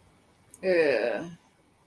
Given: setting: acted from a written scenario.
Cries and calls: vocal sound without words; guilt

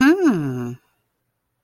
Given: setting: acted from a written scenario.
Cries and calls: vocal sound without words; interest

